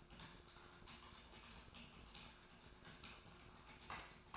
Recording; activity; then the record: daily activity, microphone in the room; typing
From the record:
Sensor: 2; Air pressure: 1004.3 hPa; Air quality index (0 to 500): 188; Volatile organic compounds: 10 ppm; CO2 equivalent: 2250 ppm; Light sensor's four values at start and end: 4/11/4/4 and 4/11/4/4